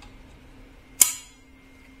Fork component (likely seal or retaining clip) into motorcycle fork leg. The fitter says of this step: so if you can hear the click